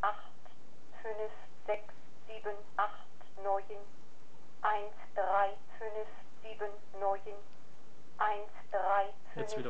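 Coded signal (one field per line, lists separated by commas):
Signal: numbers station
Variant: German, female voice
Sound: female voice reading German digits, about ten, evenly spaced, then "jetzt wieder"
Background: radio hiss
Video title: Number station with number codes read in German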